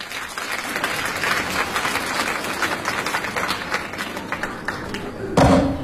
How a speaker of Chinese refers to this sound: 掌声欢迎两位。